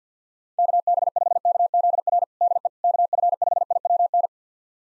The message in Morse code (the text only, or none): KB5KZR DE KF5IWN